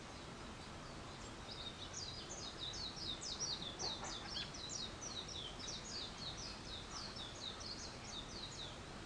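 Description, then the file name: Bird calls: a long run of quick high chirps that builds in the middle, over steady background noise. Wild birds; 21 April 2023. "wild-bird 230421"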